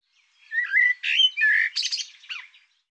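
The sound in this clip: Bird song with a few whistled slurs and a rough buzzy middle section. It finishes with quick downward chirps.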